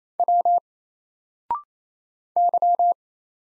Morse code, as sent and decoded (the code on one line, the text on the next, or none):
.-- / -.--
W Y